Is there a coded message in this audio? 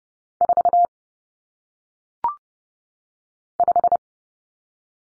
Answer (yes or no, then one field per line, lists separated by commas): yes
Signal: Morse code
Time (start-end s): 0.4-4.0 s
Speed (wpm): 30 wpm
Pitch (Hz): 700 Hz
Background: none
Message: 4 5